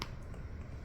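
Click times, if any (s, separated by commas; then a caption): 0.0 s. A plastic safety-eye backing washer is pushed bigger end first onto the eye post of a crocheted toy and squeezed on through the crochet fabric. A single short, sharp click sounds at 0.0 s, followed by a low, steady background hum. The washer clicks into place and is seated on the post.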